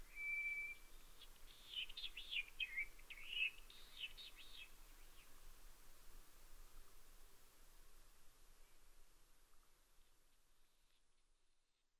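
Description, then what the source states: White's thrush song: one thin, even whistle at the start, followed by a burst of quick, twittering chirps over soft hiss. Sung at night, 22:35, on 11 June 2011.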